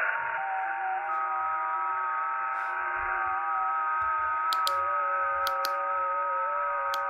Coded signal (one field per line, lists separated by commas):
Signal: FT8